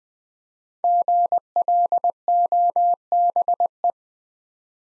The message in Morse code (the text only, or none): GLOBE